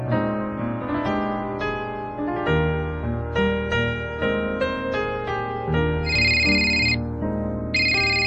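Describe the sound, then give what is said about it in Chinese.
A mobile phone ringtone plays a bright, steady melodic tune that fills the whole clip, with a loud, sustained electronic tone standing out near the end. No one speaks over it. “哎，边鬼个打俾我啊？”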